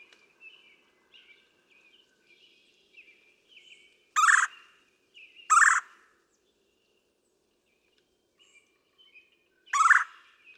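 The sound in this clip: Red-bellied woodpecker repeating its burry rolling churr three times, two close together then a pause, over quiet chirping.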